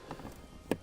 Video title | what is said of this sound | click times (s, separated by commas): 🛑 FINI LA CASSETTE ! Tuto Toilette Sèche Thetford C200/C220 | Là, vous avez entendu le clipse. | 0.7 s